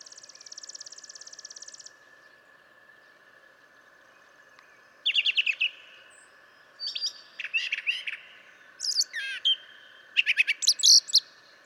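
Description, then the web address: Brown Thrasher song, opening with a buzzy trill, then after a pause several loud, varied, sharp phrases. "birdsongforthecurious Brown Thrasher"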